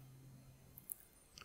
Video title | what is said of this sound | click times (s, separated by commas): Klarus XT12S Tactical LED Torch/Flashlight: Review | this snaps into place on the side of the torch gold-plated contacts on those seems to be pretty secure | 0.9 s